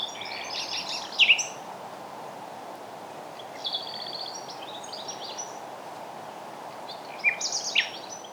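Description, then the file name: Common nightingale song: three short bursts of varied notes separated by pauses of a few seconds, over a steady background hiss. "Luscinia megarhynchos"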